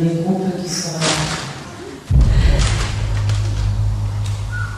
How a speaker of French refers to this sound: Une première explosion, puis ce qui semble être une seconde déflagration. Il est 11h17, le hangar 221 du site AZF vient d'exploser.